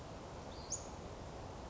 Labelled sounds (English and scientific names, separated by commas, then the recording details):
Western Flycatcher (Empidonax difficilis)
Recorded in Sonoma County, California